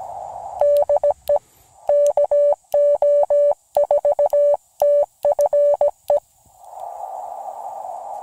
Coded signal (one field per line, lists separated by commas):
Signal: Morse code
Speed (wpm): 17 wpm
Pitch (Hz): 580 Hz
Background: none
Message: DE KO4TFE